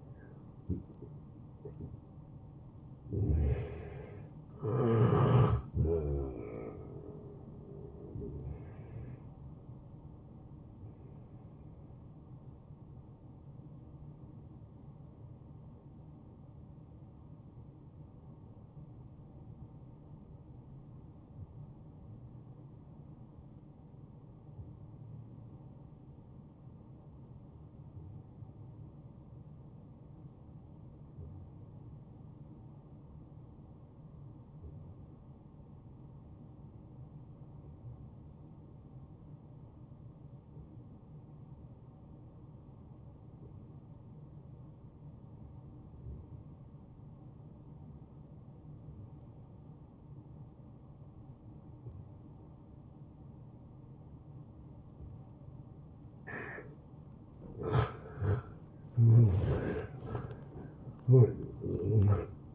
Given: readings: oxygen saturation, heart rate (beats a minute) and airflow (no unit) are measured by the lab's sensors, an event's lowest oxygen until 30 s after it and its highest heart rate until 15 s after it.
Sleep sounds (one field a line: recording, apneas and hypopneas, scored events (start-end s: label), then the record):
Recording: breathing in sleep by a smartphone at the bedside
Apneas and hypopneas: 1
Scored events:
14.00-57.80 s: hypopnea (N1, oxygen 97% highest, then 86% lowest)
46.00-62.55 s: new sleep stage, N2 (light sleep)
From the record:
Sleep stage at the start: N1 (lightest sleep)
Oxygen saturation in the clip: 85 to 97%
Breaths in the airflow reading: 10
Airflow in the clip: -16.0 to 9.3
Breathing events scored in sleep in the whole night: 263 in 5.5 hours asleep